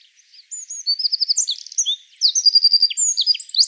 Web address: vogelstimmen zaunkoenig gesang nabu lars lachmann